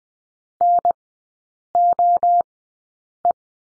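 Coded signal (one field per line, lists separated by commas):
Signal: Morse code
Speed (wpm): 20 wpm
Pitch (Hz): 700 Hz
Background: none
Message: NOE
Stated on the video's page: Morse course lesson drilling letter O in three-character groups, Farnsworth speed 20/10 wpm.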